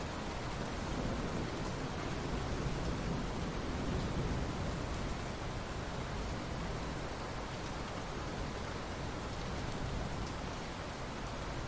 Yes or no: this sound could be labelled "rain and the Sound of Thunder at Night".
yes